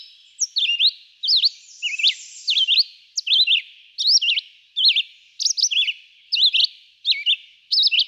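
Red-eyed vireo song: quick whistled phrases, each a few slurred notes, coming a little over one per second.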